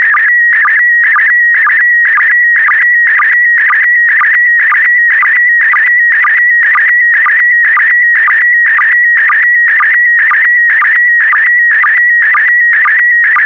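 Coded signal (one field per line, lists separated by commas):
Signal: SSTV (slow-scan television)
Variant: PD120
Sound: steady whistling tone broken twice a second by warbling chirps with low clicks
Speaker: get ready starting transmission in 5 4 3 2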